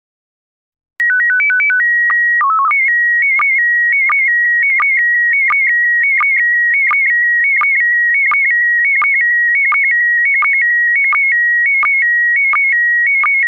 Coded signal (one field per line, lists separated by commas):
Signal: SSTV (slow-scan television)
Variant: PD 90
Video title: Slow Scan Radio, 31 October 2018, Ep. 13